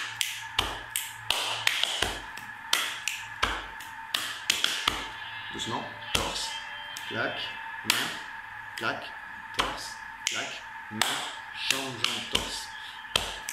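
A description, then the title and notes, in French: Body percussion: sharp claps, taps and snaps strike in a quick, fairly regular rhythm throughout, roughly two or three hits per second. Between the bright hits, softer slaps and brushing sounds fill the gaps, and a steady tonal hum runs underneath. Percussions corporelles.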